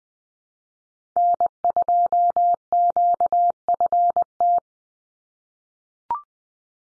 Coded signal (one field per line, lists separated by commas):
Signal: Morse code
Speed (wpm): 20 wpm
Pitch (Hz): 700 Hz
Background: none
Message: N2QFT